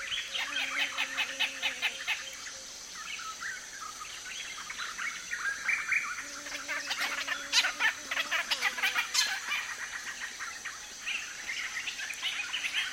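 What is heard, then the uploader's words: Dense dawn chorus in a rainforest grove, many birds singing at once in bright, overlapping trills and rapid chirps. A low, steady hooting tone returns around the start and again near six seconds, beneath a constant high insect hiss. Congo Basin Rainforest - Lush Dawn Chorus In Rural Gabon. Dawn chorus recorded in a gorgeous wild banana grove where a myriad birds were singing. Technical details: Sony PCM M10, Sound Devices Mixpre-D and DPA 4060 microphones.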